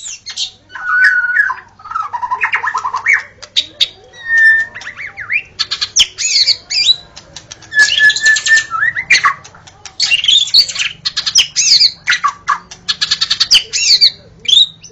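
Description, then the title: White-rumped shama pouring out mixed phrases: buzzy trills, sharp clicks and high whistled notes, dense and continuous with short breaks throughout. Wild forest bird, natural song. "Kicau Asli Murai Batu Hutan"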